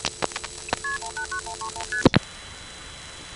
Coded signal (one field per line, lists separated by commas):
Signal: multi-frequency trunk signalling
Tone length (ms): 90 ms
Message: KP189131ST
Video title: Dialing the "1xx" Codes from Greenville NC Coin Phones part 2, 1978;1980